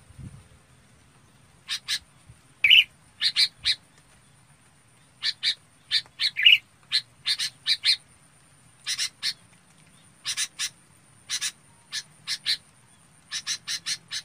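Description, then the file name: Red-whiskered bulbul calls: clusters of two to four sharp chirps repeated every second or two, with a couple of brief whistled notes among them. Bird calling the flock. "Tieng chao mao bong goi bay"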